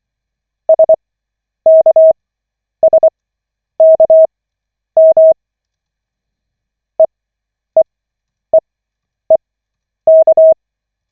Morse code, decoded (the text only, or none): SKSKM EEEEK